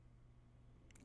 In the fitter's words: peut appuyer fortement pour qu'il se clipse